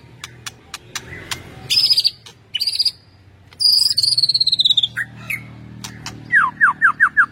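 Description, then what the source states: White-rumped shama song: sharp clicks, buzzy high notes, a long high falling whistle, then several falling notes repeated in quick succession. Masteran (training) track featuring full 'ngerol' and 'nembak' song styles.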